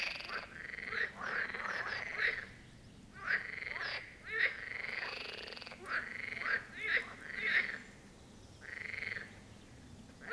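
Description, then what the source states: Marsh frog chorus of rasping, rattling croaks from several frogs, overlapping in quick succession with brief pauses, some calls sharper and brighter than others. Chorus of marsh frogs at the Birkensee in Schönbuch, Germany, recorded on one of the first proper hot days of summer 2023.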